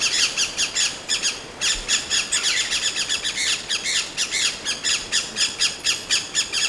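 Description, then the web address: Maroon-bellied parakeet giving a rapid stream of harsh, scratchy squawks, sustained throughout with brief pauses. "chant xeno-canto conure a ventre rouge"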